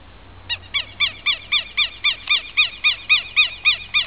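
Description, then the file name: Southern lapwing call series: loud, grating, repeated notes, about four per second, evenly spaced and sustained throughout over faint low rumble. "Quero Quero"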